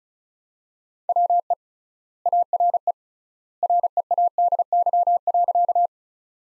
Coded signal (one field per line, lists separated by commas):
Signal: Morse code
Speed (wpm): 34 wpm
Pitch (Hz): 700 Hz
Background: none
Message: WE ARE READY.